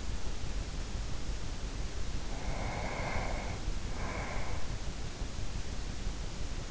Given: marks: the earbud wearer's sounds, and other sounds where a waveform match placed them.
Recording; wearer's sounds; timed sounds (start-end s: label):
sounds in sleep by an in-ear microphone; breath
2.39-4.95 s: breath